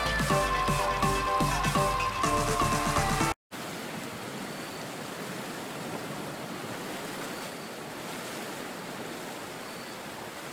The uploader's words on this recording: Waterfall.